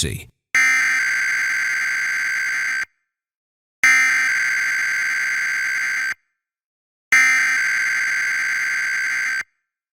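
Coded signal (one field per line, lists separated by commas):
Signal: Emergency Alert System (SAME) tones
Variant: header bursts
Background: speech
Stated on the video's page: Required weekly test aired on a TV station; its ENDEC repeated the alert, so it was captured twice.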